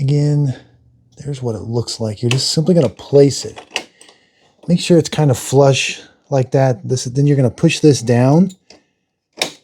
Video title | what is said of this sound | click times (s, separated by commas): How To Set Up WiFi Canon Wireless Inkjet Printer G3270 - Unboxing & How to Set Up - Install Ink | It didn't take a whole lot of force, but it kind of snapped into place. | 9.4 s